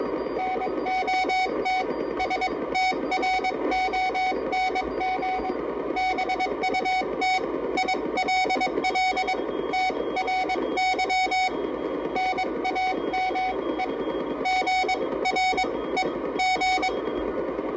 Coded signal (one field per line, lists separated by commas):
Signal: Morse code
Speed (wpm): 22 wpm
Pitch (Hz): 750 Hz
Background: none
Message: NOT STRONG BUT ILL TRY NAME GREG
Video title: Old Friend QRP CW Transceiver Demo